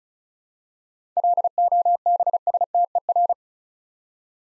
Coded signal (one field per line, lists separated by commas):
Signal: Morse code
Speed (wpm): 36 wpm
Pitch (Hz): 700 Hz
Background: none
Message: LOBSTER